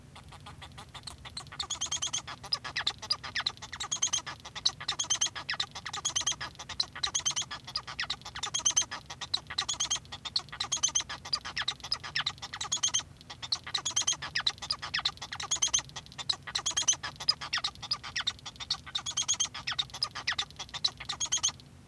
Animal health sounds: song of a male Bengalese finch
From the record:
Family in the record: son of father 1

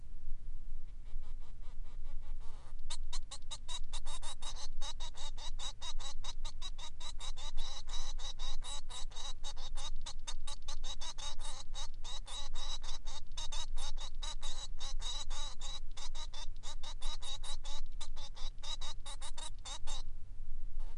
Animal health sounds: song of a male Bengalese finch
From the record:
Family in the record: son of father 3

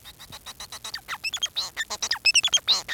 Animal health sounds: song of a male Bengalese finch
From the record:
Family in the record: son of father 4

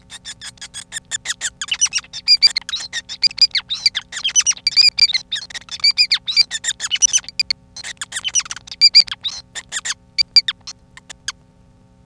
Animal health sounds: song of a male Bengalese finch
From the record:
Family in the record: son of father 5

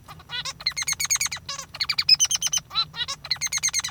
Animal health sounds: song of a male Bengalese finch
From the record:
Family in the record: father 3

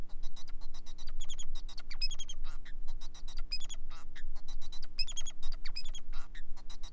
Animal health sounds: song of a male Bengalese finch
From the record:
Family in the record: son of father 4

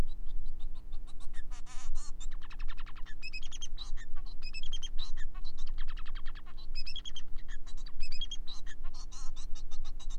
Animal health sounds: song of a male Bengalese finch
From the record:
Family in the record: son of father 4

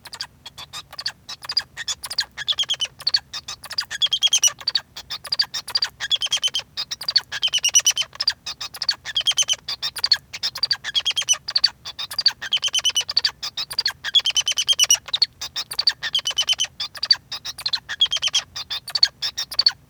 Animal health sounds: song of a male Bengalese finch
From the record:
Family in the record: son of father 2

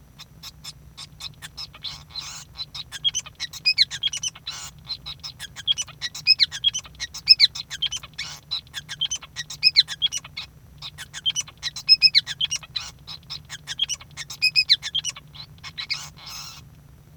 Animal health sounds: song of a male Bengalese finch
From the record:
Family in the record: son of father 5

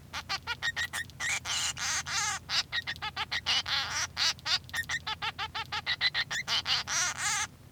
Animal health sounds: song of a male Bengalese finch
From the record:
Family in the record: son of father 3

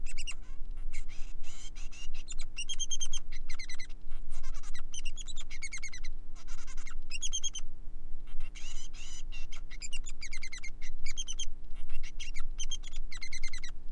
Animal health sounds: song of a male Bengalese finch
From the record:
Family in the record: son of father 3

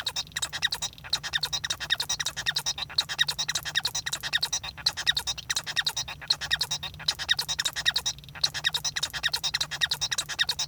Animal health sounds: song of a male Bengalese finch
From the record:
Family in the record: son of father 1

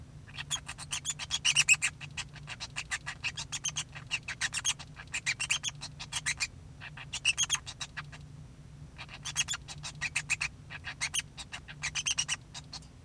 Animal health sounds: song of a male Bengalese finch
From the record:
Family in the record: son of father 2

